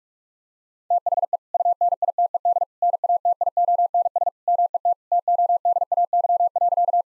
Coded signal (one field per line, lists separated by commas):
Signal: Morse code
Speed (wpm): 41 wpm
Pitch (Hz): 700 Hz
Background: none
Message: THE UNITED NATIONS MET TODAY.